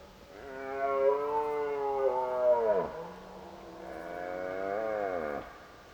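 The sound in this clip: Deer calls, two long moaning roars with strong harmonics, the first swelling and falling away at its end, the second steadier and lower.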